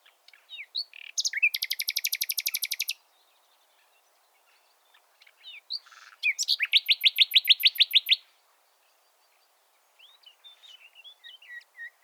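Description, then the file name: Common nightingale singing two fast rattling trills of repeated high notes, with a pause between and soft scattered chirps at the end. "Luscinia megarhynchos"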